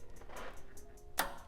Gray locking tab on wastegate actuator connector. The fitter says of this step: down and you'll hear the click so now that is